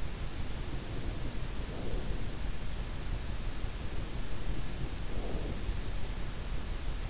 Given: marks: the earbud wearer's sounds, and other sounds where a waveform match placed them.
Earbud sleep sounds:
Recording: sounds in sleep by an in-ear microphone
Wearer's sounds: breath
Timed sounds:
0.22-2.36 s: breath
4.00-6.27 s: breath

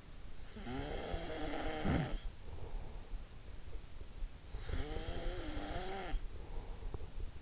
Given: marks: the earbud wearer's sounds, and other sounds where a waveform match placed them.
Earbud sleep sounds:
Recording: sounds in sleep by an in-ear microphone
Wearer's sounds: snoring breath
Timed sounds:
0.58-3.25 s: snoring breath
4.52-7.42 s: snoring breath

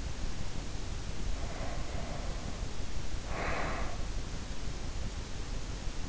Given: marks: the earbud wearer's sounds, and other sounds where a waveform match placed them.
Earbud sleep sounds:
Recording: sounds in sleep by an in-ear microphone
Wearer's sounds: breath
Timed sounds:
1.27-4.31 s: breath

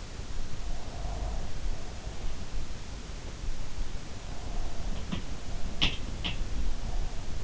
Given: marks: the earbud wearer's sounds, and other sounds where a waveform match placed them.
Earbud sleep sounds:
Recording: sounds in sleep by an in-ear microphone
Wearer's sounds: breath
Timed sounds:
0.81-2.45 s: breath
4.99-6.47 s: sound from someone else or the room

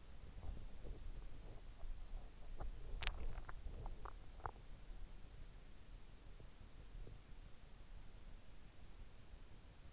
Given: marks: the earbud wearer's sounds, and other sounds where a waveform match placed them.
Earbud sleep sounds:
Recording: sounds in sleep by an in-ear microphone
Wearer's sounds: teeth grinding, swallowing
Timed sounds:
0.00-2.70 s: teeth grinding
2.81-4.89 s: swallowing

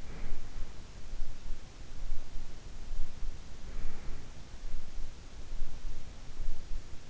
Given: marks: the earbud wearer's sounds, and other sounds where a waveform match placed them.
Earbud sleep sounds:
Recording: sounds in sleep by an in-ear microphone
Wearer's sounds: breath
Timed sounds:
0.00-0.45 s: breath
3.40-4.61 s: breath

